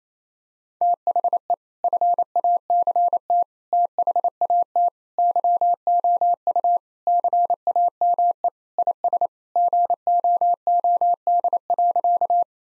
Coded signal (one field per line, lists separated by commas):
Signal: Morse code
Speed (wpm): 28 wpm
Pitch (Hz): 700 Hz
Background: none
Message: THE FACT THAT YOU CAME IS GOOD.